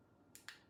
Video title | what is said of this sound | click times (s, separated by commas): You’ve been waiting Shiny smile veneers UPDATE | okay you heard the click | 0.4 s, 0.5 s